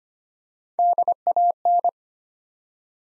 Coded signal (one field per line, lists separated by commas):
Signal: Morse code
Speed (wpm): 25 wpm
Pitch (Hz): 700 Hz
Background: none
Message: DAN